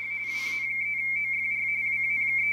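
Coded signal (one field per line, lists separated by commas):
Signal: RTTY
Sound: steady warbling two-tone chatter flipping rapidly between close pitches, with low hum beneath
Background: mains hum, brief noise burst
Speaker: there it is. 3 Baker 7 Alpha.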